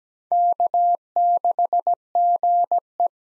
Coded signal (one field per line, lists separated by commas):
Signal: Morse code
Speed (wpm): 17 wpm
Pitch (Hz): 700 Hz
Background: none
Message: K6GE